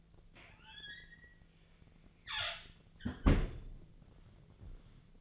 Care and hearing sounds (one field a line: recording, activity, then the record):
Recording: daily activity, microphone in the room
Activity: close fridge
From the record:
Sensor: 4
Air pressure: 1010.5 hPa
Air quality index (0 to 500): 178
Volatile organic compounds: 5 ppm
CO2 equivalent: 1805 ppm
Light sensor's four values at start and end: 27/83/32/33 and 33/97/38/38